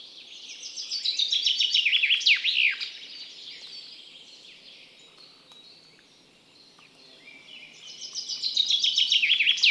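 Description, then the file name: Common chaffinch giving two songs several seconds apart, the first a fast tumbling trill of high notes falling in pitch with a bouncy ending, the second cut off at the end. "Fringilla coelebs"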